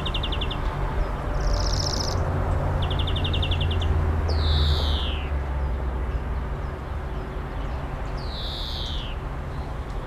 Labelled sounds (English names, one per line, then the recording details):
European Greenfinch song
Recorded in the wild
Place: Oberstdorf, Bayern, DE
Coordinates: 47.4103, 10.2797
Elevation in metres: 809
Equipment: Uher 4000 Report
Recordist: Tretzel, Erwin